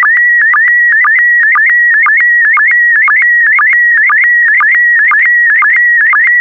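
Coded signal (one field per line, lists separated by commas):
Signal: SSTV (slow-scan television)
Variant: PD120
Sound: warbling steady tone around 2 kHz with rhythmic short low chirps twice a second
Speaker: the next image transmission will start in 10 seconds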